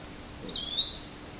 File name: forest elaenia